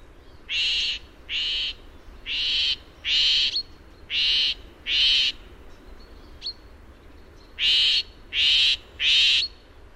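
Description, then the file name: Eurasian jay repeating loud, hoarse screeches, nine grating bursts in quick irregular series with a short pause midway. "Garrulus glandarius"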